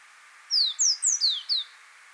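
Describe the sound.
Yemen serin song: a single phrase of five clear, high, downward-sliding notes delivered rapidly.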